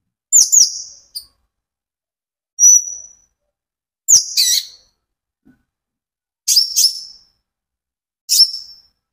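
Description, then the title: Van Hasselt's sunbird giving sharp high chip notes trailing into short whistles, repeated every couple of seconds with silence between. Konin ijoan (green) variety singing actively (gacor); recording used as a lure and therapy for caged birds, said to make untrained birds answer. "KOLIBRI NINJA KONIN IJOAN GACOR COCOK UNTUK PANCINGAN TERAPI KONIN BAHAN PASTI NYAUT"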